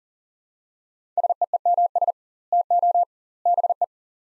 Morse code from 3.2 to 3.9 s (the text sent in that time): BE